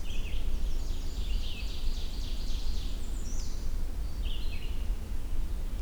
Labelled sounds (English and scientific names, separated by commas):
Red-eyed Vireo (Vireo olivaceus) song